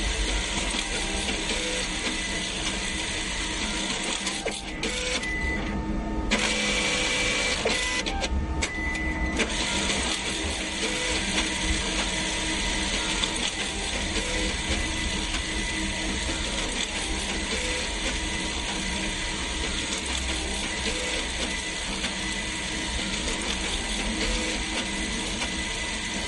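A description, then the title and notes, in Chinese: A banknote counting machine runs with a dense, steady mechanical whir and rapid fluttering clatter from start to finish. Brief drops in the bright rustle come around five to six seconds and again near eight to nine seconds, while a faint whine persists underneath. 點鈔機。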